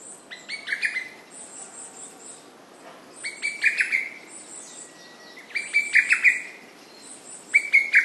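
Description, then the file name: Lesser cuckoo song: staccato phrases of sharp notes, repeated several times. Recorded 29 May 2007 at 11:30. "hototogisu"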